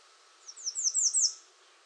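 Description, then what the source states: American redstart song: one quick series of five high, sibilant downslurred notes, rising in loudness. Recorded 21 June 2019.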